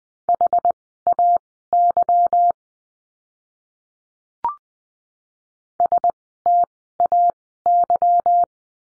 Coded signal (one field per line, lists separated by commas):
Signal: Morse code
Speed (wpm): 20 wpm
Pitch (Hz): 700 Hz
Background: none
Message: HAY STAY